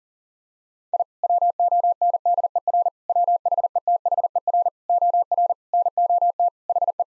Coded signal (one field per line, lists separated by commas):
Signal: Morse code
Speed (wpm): 40 wpm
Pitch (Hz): 700 Hz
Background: none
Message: I WONDER WHETHER OR NOT HE